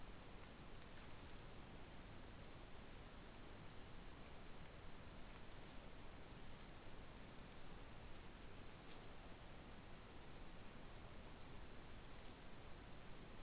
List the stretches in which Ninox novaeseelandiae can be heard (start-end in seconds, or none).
none